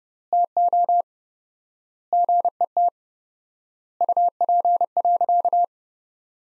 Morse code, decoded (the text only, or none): TO GET UP.